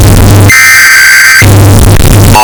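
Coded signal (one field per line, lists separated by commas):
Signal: Emergency Alert System (SAME) tones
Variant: header bursts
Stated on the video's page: Bass-boosted, distorted emergency alert sound effect looped for one hour.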